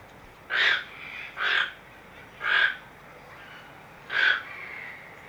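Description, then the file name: Toco toucan calling with four rough, grating croaks at uneven intervals over a low steady background. Captive bird at a zoo in Amsterdam. "Artis, toko toekan - Sound Cloud - Beeld en Geluid"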